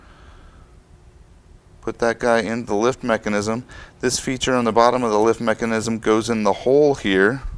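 A pull cord assembly is being fitted onto the plastic lift mechanism of a Hunter Douglas shade with UltraGlide, with the feature on the bottom of the lift mechanism lined up to go into the hole in the pull cord assembly. After a quiet start, someone talks from about 1.9 seconds to the end. Nothing has seated or clicked yet.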